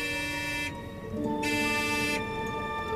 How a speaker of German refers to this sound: Drück mal auf die Hupe, Greg.